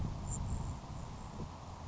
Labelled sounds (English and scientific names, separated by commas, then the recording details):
Grasshopper Sparrow (Ammodramus savannarum)
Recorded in Sonoma County, California